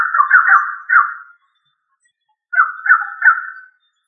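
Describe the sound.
Rail calling in two bursts of rapid, harsh, chattering notes around a mid pitch, each lasting a little over a second with a pause between.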